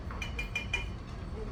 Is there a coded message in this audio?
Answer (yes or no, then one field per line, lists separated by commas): no